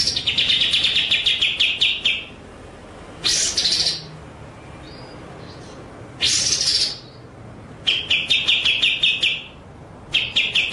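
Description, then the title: White-rumped shama singing fast repeated chattering note runs alternating with loud harsh buzzy bursts. Masteran (training) track with the bird in full rolling, shooting song (ngerol nembak). "Masteran Murai Batu Full Ngerol Nembak"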